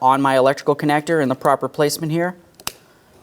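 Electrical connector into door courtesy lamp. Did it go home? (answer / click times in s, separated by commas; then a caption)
yes / 2.7 s. Someone talks while an electrical connector, its locking tab oriented correctly, is pushed into the door courtesy lamp of a 2008-2016 Chrysler Town & Country during front exterior door handle replacement. After two faint ticks, a sharp click at 2.7 s marks the connector snapping home, seated.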